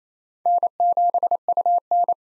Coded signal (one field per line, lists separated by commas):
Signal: Morse code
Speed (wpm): 28 wpm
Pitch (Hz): 700 Hz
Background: none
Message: N7UN